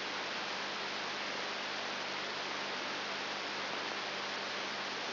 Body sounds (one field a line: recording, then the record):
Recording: brain microelectrode recording played as sound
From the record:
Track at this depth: inside the subthalamic nucleus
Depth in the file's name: 3.901 mm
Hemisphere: left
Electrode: 3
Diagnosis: Parkinson's disease